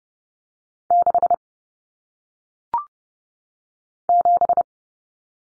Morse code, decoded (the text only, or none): 6 7